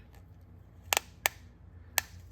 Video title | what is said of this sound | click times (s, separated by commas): Have You Tried a Ratchet Belt? [Save 20%] Get One From ARMANDO CAZARES | Hear that? Every click is another grab on the ratchet. | 0.9 s, 1.0 s, 1.3 s, 2.0 s